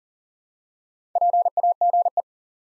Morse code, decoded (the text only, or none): PAGE